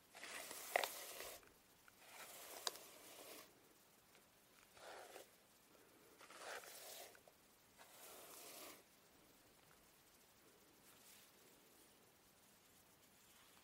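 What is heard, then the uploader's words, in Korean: A hair iron glides through hair in soft, airy swishing strokes, each lasting about a second and coming every one to two seconds. The strokes thin out after about nine seconds, with one brief swipe near eleven. Faint clicks accompany the early strokes. 속닥속닥 슥슥 고데기 하는 소리. Hair brushing. 속닥속닥 수다떨면서 고데기하기.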